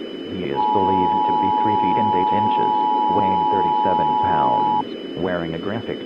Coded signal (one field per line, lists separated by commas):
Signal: Emergency Alert System (SAME) tones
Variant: 853 and 960 Hz attention tone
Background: speech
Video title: EAS MOCK: Child Abduction Emergency